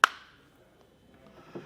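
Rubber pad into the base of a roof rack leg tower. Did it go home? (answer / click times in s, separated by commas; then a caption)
yes / 0.0 s. A rubber pad connector from a Custom DK Fit Kit is pressed onto the two bars at the bottom of a Rhino-Rack 2500 Series roof rack leg tower for a 2024 GMC Sierra 1500. A sharp, loud click at 0.0 s rings briefly and fades, followed by near silence with a faint tap around 0.8 s and soft handling noise toward the end. The pad clips in and is seated.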